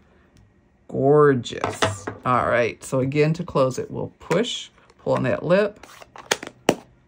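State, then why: Seated. Someone talks while closing the hinged plastic lid of a stamp ink pad case by pushing down on the lid's lip. A few small taps come just before a sharp click at 6.7 s as the lid latches shut.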